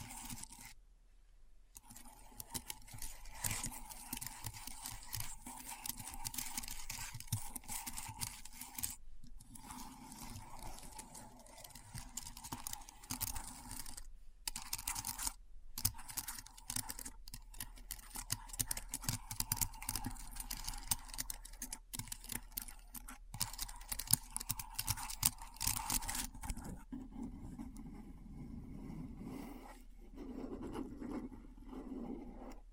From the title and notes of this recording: ASMR Keyboard Sounds (No Talking).